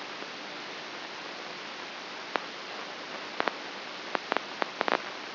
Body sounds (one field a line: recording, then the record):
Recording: brain microelectrode recording played as sound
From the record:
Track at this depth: inside the subthalamic nucleus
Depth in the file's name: 3.04 mm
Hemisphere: right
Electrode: 2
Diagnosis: Parkinson's disease